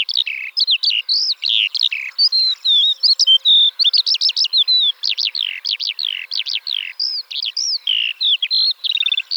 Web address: alauda arvensis call